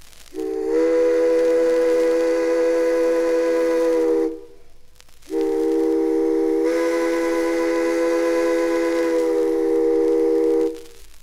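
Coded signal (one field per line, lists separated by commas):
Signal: train horn signal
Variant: steam locomotive whistle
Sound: two long chime-like steam whistle blasts, about four and five seconds, with hiss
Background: steam hiss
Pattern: 2 long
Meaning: Two long blasts: release brakes, proceed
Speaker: the standard code of operating rules prescription of engine whistle signals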